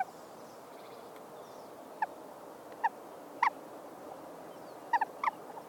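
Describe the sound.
Bird calls: isolated short, sharp clucking notes, some in quick pairs, spread irregularly across nearly six seconds over faint background hiss.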